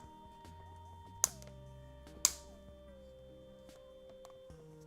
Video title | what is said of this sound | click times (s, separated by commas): How to Remove and Replace Samsung Galaxy S4 Rear Smashed Camera Complete Replacement-Repair-Fix | you here click it in there | 1.2 s, 2.2 s